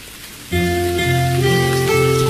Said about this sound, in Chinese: 原来还是淅淅沥沥的雨声，这个雨声很有画面感，又美好又文艺。